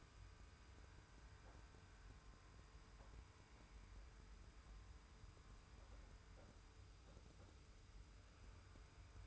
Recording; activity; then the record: daily activity, microphone in the room; wipe stove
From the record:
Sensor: 2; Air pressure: 991.3 hPa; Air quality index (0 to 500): 150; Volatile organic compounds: 441 ppm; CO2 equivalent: 4736 ppm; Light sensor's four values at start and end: 39/112/44/42 and 39/112/44/42